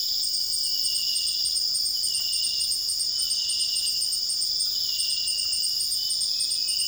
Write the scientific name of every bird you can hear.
none